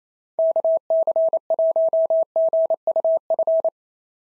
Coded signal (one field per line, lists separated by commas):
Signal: Morse code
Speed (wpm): 27 wpm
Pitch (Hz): 650 Hz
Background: none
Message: KC1GUF